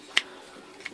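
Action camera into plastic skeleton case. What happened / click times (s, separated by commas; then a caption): The device snapped into its plastic case / 0.2 s. An action camera is pushed into its plastic skeleton housing and clicks into place with a sharp, bright click at 0.2 s. A second, fainter tick follows at 0.9 s, and the camera is seated in the case.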